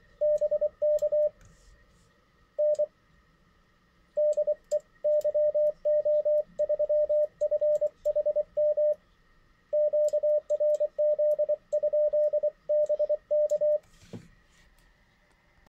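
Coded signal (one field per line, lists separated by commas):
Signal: Morse code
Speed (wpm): 24 wpm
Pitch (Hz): 600 Hz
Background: radio noise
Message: BK N DE YO3FHM QRZ?BK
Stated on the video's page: Morse sent on a modified key, a Vibroplex copy converted to a single paddle.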